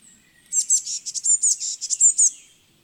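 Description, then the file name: Eurasian blue tit giving a rapid run of high, scratchy chattering notes, about a dozen bursts over under two seconds, on a quiet background. "Cyanistes caeruleus"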